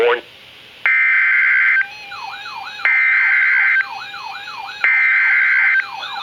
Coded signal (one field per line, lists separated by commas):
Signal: Emergency Alert System (SAME) tones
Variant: header bursts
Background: speech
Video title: Severe Thunderstorm Warning (EAS #866) 6/10/15